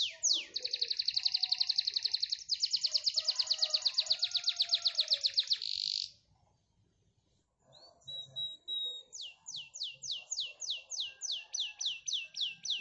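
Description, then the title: Canary song: a loud, rapid buzzy trill held high for about six seconds, a short pause, then a run of quick descending whistled notes. Canary singing in the song style called cengkok mewah, singing persistently and clearly. "Cengkok Kenari Mewah. Kenari cengkok mewah GACOR JERNIH"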